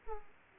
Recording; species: mosquito wingbeat signal from an infrared sensor; Aedes aegypti